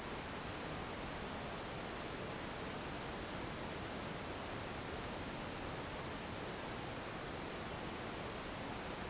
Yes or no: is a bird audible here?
no